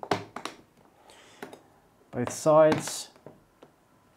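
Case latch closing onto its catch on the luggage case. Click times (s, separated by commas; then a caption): 0.1 s. The latches on both sides of a vulcanised-fibre Globe-Trotter James Bond Special Edition luggage case are closed, with a sharp click at 0.1 s as a latch snaps onto its catch, followed by a few quieter taps. Someone talks in the middle of the clip. The latches are seated and the case is secure.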